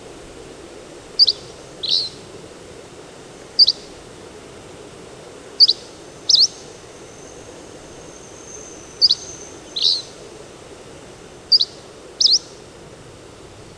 Hammond's Flycatcher song recorded on the Fern Lake Trail in Rocky Mountain National Park.